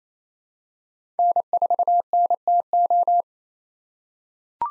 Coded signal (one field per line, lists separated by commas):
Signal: Morse code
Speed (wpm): 28 wpm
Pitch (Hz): 700 Hz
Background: none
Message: N4NTO